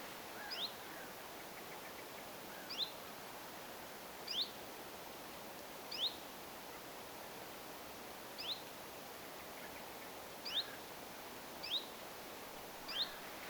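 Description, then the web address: Common chiffchaff call: a single short rising whistled note, repeated eight times at intervals of one to two and a half seconds, over steady soft background noise. Chiffchaff giving a zuit-sounding call; 25 April 2025. "paivat 25 4 2025 zuit-aaninen tiltaltti"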